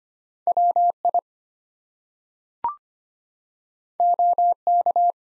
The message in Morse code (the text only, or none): WI OK